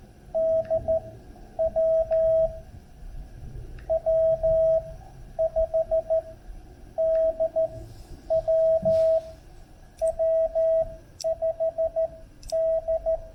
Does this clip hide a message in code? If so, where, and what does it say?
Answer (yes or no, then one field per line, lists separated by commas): yes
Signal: Morse code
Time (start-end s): 0.4-13.2 s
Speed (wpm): 14 wpm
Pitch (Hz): 650 Hz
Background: none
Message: D WW5 D WW5 D